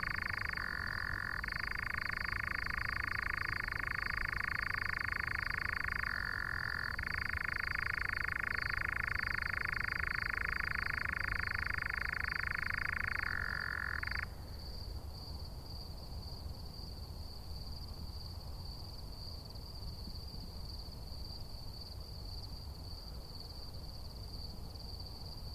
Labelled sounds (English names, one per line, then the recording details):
Eurasian Nightjar
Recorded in the wild
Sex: male
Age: adult
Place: Schönow, Naturpark Barnim, Brandenburg, DE
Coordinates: 52.6947, 13.5039
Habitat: heather
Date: 2013-06-08 23:13
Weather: clear, windless, 20°C
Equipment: Sound Devices 702, Sennheiser MKH 70, Rycote Windschutz
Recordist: Frommolt, Karl-Heinz
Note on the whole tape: Nordteil des Naturschutzgebietes Schönower Heide: Ende einer Gesangsstrophe mit Flügelschlagen. Anschließend Gesang nach Standortwechsel, Rufe und Flügelschlagen. Entfernung ca. 50 m